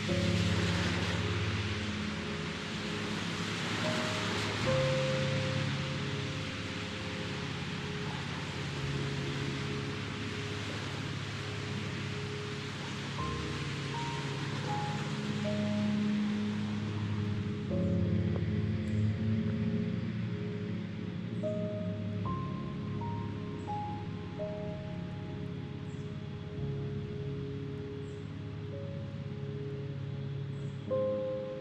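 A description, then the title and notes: Soft piano music plays over a constant wash of city noise, a dense, steady roar with a low hum underneath. Single notes and short phrases sound every second or two in the middle and lower range, while the background noise stays even throughout. Calming Piano Music with City Sounds. Cars pass by on a rainy day.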